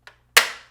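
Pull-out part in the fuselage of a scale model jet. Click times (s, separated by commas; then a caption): 0.4 s. A pull-out part in the fuselage of a 1:18 scale plastic F-86 Sabre (German CL-13) model jet is pulled out into its open position. A faint tap comes at 0.1 s, then a sharp, loud snap at 0.4 s rings out and fades by about 0.7 s. The part locks in place.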